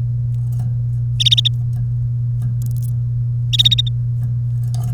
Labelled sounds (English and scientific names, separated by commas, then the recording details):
Domestic Canary (Serinus canaria) song
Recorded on 1 May 2018 at 13:38
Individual llb3